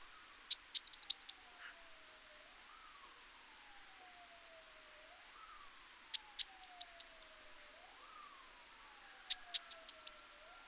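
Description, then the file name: Eurasian blue tit calls in three bursts of rapid, high descending notes, with a faint siren-like tone in the background. "Cyanistes caeruleus"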